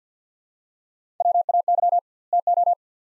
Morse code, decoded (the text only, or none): WAY TO